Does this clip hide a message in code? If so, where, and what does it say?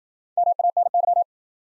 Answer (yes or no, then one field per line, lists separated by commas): yes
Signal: Morse code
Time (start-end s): 0.4-1.2 s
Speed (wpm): 53 wpm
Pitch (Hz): 700 Hz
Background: none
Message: MANY